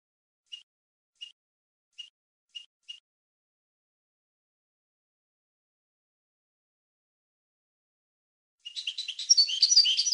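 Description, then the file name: European goldfinch song: five sparse, short chirps, a long silence, then a burst of rapid twittering in the final seconds. "audio burung goldfinch"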